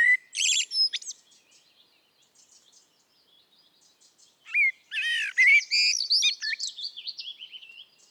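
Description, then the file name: Common blackbird song: a short whistled note and a burst of high squeaky twittering, then after a pause a longer phrase of warbles and rapid varied high notes. "Turdus merula"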